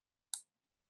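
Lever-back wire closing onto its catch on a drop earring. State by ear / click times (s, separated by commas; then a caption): seated / 0.3 s. The spring-loaded lever-back closure on a gemstone drop earring is snapped shut, the wire closing onto its catch. A single sharp, bright snap is heard at 0.3 seconds, followed by quiet. The lever-back seats firmly, held by a strong spring.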